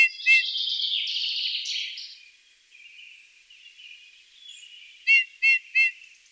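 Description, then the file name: Eurasian bullfinch: a soft, scratchy warbling phrase for about two seconds, fainter twittering after, then three short, clear piping notes close together near the end. "Pyrrhula pyrrhula"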